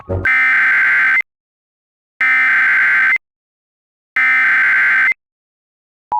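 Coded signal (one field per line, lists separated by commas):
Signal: Emergency Alert System (SAME) tones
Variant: header bursts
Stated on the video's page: Mock EAS alert with an AI-generated voice; fictional, not a real broadcast.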